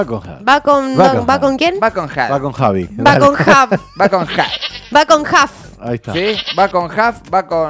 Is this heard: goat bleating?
yes